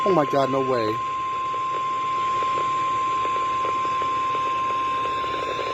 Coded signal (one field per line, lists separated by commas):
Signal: Emergency Alert System (SAME) tones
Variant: 1050 Hz attention tone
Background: speech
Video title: Destructive Nights | EAS Alerts From 7/29/2023 (EAS #2,237-2,248)